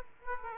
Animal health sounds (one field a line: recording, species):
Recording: mosquito wingbeat signal from an infrared sensor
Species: Aedes aegypti